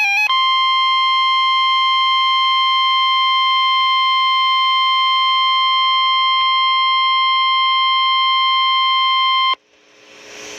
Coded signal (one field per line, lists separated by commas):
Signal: Emergency Alert System (SAME) tones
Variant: 1050 Hz attention tone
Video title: EAS alerts from 5/29/16 (2 FFW, 1 SVR) (EAS #44-46)